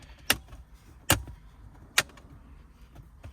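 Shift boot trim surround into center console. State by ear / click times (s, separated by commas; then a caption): seated / 0.3 s, 1.1 s, 2.0 s. After a weighted Mishimoto shift knob is installed on a 2024 Golf R, the shift boot trim surround is pressed down into the center console trim. Three loud, sharp snaps ring out at 0.3, 1.1 and 2.0 seconds, with a couple of faint ticks after. The trim is seated back in place.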